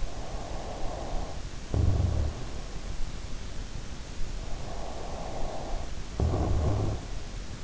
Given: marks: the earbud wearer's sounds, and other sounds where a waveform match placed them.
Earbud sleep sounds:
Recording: sounds in sleep by an in-ear microphone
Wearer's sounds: snoring breath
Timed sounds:
0.00-3.10 s: snoring breath
4.43-7.34 s: snoring breath

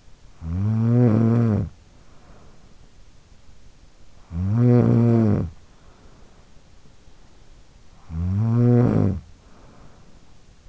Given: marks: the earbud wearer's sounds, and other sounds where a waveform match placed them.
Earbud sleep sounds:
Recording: sounds in sleep by an in-ear microphone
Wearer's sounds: snoring breath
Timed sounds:
0.00-3.01 s: snoring breath
3.65-7.09 s: snoring breath
7.51-10.69 s: snoring breath

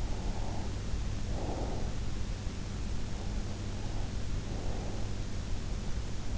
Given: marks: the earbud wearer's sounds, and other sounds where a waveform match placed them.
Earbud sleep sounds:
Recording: sounds in sleep by an in-ear microphone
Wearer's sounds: breath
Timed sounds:
0.13-2.05 s: breath
3.22-5.28 s: breath

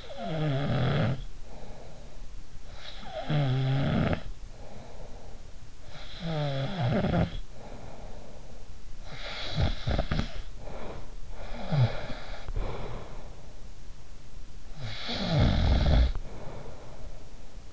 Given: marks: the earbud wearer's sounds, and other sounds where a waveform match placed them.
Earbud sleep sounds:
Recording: sounds in sleep by an in-ear microphone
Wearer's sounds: snoring breath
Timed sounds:
0.00-17.73 s: snoring breath

